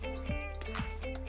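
Two halves of a freshly hammered metal snap fastener on fabric are pressed together to check the fit, over steady background music. A short, sharp snap sounds at 0.6 s as the halves seat together, showing the snap works.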